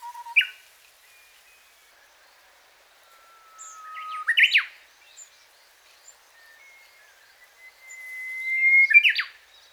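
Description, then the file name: Japanese bush warbler singing: a sustained whistled note, then a quick emphatic flourish. A second, rising whistle ends in another burst. "uguisu"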